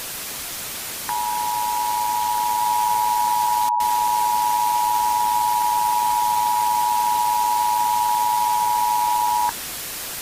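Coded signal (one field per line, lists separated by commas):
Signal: Emergency Alert System (SAME) tones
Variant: 853 and 960 Hz attention tone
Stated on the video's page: Fictional EAS scenario alert about a prion.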